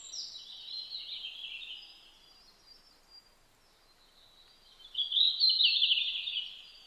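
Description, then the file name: Red-flanked bluetail singing two brief high warbled phrases about five seconds apart, the second louder, with a quiet pause between. Recorded on 12 July 2009 at about 07:27. "ruribitaki-20090712"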